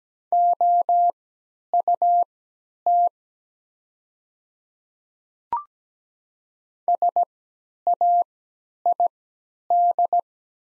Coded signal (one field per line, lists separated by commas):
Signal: Morse code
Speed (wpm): 17 wpm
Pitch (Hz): 700 Hz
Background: none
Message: OUT SAID